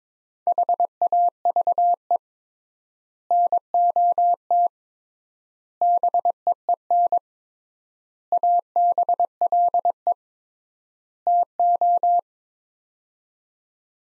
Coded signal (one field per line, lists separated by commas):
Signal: Morse code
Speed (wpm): 22 wpm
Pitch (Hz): 700 Hz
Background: none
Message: HAVE NOT BEEN ABLE TO